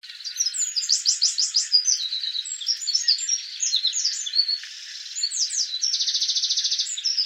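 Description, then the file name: Eurasian wren song: a rapid, high-pitched tumble of sharp notes and fast rattling trills, with a brief dip midway before another bright, even trill. "Troglodytes troglodytes"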